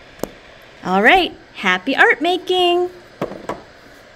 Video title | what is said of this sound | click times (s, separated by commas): Kinder Line Sculpture FInal | back down and put the cap on until you hear it snap. | 0.2 s